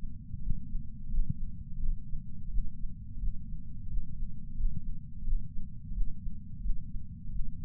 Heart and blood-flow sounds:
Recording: heart sounds by patch sensor on the chest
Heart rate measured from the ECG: 87 bpm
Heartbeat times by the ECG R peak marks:
0.42 s: heartbeat
1.11 s: heartbeat
1.81 s: heartbeat
2.51 s: heartbeat
3.20 s: heartbeat
3.89 s: heartbeat
4.57 s: heartbeat
5.25 s: heartbeat
5.93 s: heartbeat
6.62 s: heartbeat
7.32 s: heartbeat
From the record:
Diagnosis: coronary artery disease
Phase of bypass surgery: preoperative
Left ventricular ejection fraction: 50.8%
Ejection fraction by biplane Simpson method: 50%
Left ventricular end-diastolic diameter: 50 mm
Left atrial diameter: 32 mm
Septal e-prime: 7.2 cm/s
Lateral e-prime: 9.1 cm/s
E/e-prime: 8.5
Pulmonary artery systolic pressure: 23 mmHg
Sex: male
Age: 65 years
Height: 170 cm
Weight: 65 kg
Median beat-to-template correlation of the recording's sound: 0.75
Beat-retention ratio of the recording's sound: 0.96

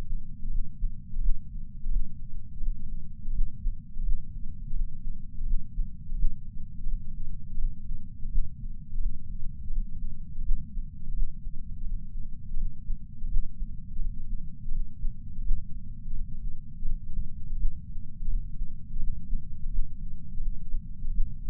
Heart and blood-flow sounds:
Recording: heart sounds by patch sensor on the chest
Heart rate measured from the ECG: 84 bpm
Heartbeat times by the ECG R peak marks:
0.50 s: heartbeat
1.21 s: heartbeat
1.91 s: heartbeat
2.61 s: heartbeat
3.33 s: heartbeat
4.04 s: heartbeat
4.74 s: heartbeat
5.46 s: heartbeat
6.16 s: heartbeat
6.86 s: heartbeat
7.58 s: heartbeat
8.30 s: heartbeat
9.00 s: heartbeat
9.71 s: heartbeat
10.43 s: heartbeat
11.14 s: heartbeat
11.84 s: heartbeat
12.57 s: heartbeat
13.29 s: heartbeat
13.99 s: heartbeat
14.71 s: heartbeat
15.43 s: heartbeat
16.13 s: heartbeat
16.85 s: heartbeat
17.57 s: heartbeat
18.28 s: heartbeat
18.99 s: heartbeat
19.70 s: heartbeat
20.40 s: heartbeat
21.12 s: heartbeat
From the record:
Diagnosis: coronary artery disease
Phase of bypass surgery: postoperative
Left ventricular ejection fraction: 59.9%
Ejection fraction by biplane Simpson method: 56%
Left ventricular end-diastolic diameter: 50 mm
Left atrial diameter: 38 mm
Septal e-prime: 8.6 cm/s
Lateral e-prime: 8.8 cm/s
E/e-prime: 7.7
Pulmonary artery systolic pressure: 23 mmHg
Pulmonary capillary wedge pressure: 16 mmHg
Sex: male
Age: 69 years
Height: 160 cm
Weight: 69 kg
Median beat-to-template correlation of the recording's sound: 0.74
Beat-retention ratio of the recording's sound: 0.99

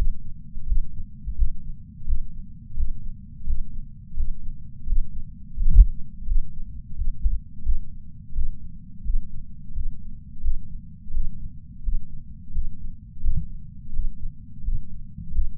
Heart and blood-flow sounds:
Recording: heart sounds by patch sensor on the chest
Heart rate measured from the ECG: 86 bpm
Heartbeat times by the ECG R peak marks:
0.66 s: heartbeat
1.36 s: heartbeat
2.06 s: heartbeat
2.76 s: heartbeat
3.46 s: heartbeat
4.16 s: heartbeat
4.86 s: heartbeat
5.57 s: heartbeat
6.26 s: heartbeat
6.96 s: heartbeat
7.63 s: heartbeat
8.34 s: heartbeat
9.04 s: heartbeat
9.74 s: heartbeat
10.42 s: heartbeat
11.13 s: heartbeat
11.83 s: heartbeat
12.53 s: heartbeat
13.22 s: heartbeat
13.93 s: heartbeat
14.63 s: heartbeat
15.33 s: heartbeat
From the record:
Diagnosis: coronary artery disease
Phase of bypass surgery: postoperative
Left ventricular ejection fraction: 53.3%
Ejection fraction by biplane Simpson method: 55.1%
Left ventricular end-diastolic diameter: 44 mm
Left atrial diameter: 43 mm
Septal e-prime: 6 cm/s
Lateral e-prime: 8.6 cm/s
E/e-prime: 11.9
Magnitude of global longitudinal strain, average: 15.4%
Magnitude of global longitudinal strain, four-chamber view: 16.2%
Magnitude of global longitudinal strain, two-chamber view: 15.5%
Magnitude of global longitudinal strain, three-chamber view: 14.5%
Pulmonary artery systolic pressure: 30 mmHg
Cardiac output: 3.65 L/min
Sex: male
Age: 64 years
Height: 175 cm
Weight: 85 kg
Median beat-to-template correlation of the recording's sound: 0.88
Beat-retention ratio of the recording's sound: 1.00

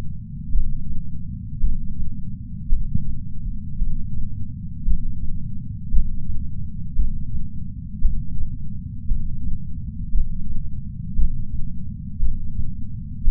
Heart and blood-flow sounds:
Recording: heart sounds by patch sensor on the chest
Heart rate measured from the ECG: 57 bpm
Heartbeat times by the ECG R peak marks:
0.51 s: heartbeat
1.60 s: heartbeat
2.69 s: heartbeat
3.78 s: heartbeat
4.84 s: heartbeat
5.90 s: heartbeat
6.95 s: heartbeat
8.01 s: heartbeat
9.08 s: heartbeat
10.11 s: heartbeat
11.15 s: heartbeat
12.19 s: heartbeat
13.24 s: heartbeat
From the record:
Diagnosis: coronary artery disease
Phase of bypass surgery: intraoperative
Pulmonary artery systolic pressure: 30 mmHg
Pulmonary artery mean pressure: 21 mmHg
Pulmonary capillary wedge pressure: 19 mmHg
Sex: male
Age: 57 years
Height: 183 cm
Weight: 85 kg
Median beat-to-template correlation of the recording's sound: 0.88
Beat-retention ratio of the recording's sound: 1.00

